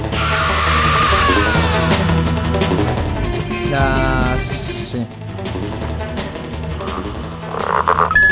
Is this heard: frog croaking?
yes